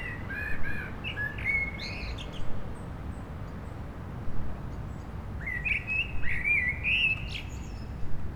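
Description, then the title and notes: Common blackbird singing two melodious warbled phrases, each ending in thin squeaks, split by a quiet gap of about three seconds; low traffic drone throughout. Several blackbirds singing after sunset on a mild day, eve of the winter solstice, on Rue Jacques Cartier, an urban street in Aix-les-Bains, France, with urban traffic. "Rue Jacques Cartier, 73100 Aix-les-Bains, Auvergne-Rhône-Alpes, France - Merle du solstice. En cette douce journée les merles commencent à chanter après le coucher du soleil, passages d'avions, circulation urbaine demain c'est le solstice d'hiver"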